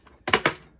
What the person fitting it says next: so everything's clicked in place there